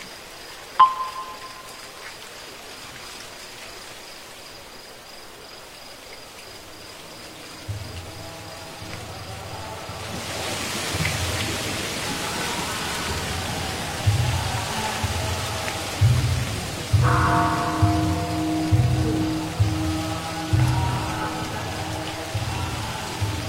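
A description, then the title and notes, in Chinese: At night, a steady high insect trill fills the first ten seconds, broken near the start by a single clear struck tone, likely a bell. From about eight seconds, low chanting voices enter, then regular wooden-fish knocks near one per second over a soft hiss. 月夜寺庙 木鱼声 夜读诵经 古寺钟声。月夜古寺 在夜晚虫鸣声中听钟声、木鱼和诵经。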